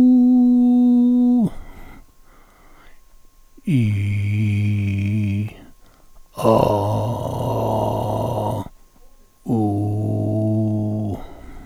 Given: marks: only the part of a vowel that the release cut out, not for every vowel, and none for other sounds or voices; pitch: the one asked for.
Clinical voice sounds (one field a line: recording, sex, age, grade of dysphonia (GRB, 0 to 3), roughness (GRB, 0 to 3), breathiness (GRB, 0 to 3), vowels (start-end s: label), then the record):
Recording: sustained vowels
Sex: male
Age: 60 to 69 years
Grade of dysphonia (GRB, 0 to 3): 2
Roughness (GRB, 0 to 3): 2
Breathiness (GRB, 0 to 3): 1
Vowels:
0.36-0.95 s: vowel /u/, high pitch
4.39-5.41 s: vowel /i/, low pitch
9.57-11.08 s: vowel /u/, low pitch
From the record:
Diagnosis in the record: contact pachydermia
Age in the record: 60 years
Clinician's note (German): Kontaktpachydermie ohne "Kontaktpachydermie"